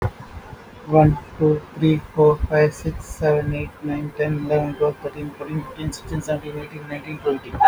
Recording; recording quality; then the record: counting at a fast pace; excellent, no background noise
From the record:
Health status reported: healthy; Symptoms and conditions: none ticked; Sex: male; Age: 43 years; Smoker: not ticked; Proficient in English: yes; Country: India